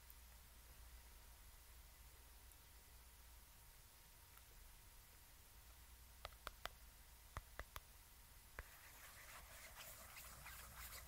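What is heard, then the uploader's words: Hand movements and scissors: a few sharp snips cluster between six and nine seconds over a steady hiss and low hum, then soft rustling follows. HAND MOVEMENTS, SCISSORS.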